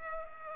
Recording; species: mosquito wingbeat signal from an infrared sensor; Culex pipiens